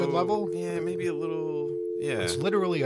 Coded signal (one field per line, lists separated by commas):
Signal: telephone call progress tone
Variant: North America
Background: speech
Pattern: dial tone